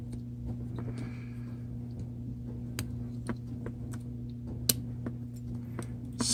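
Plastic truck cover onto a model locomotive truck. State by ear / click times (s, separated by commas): seated / 4.7 s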